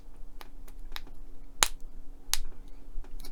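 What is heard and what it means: A plastic model part is pressed into the forearm or elbow joint assembly of an Iron Man model. After a few faint ticks, two sharp, loud snaps come at 1.6 s and 2.3 s. The part snaps and seats into place.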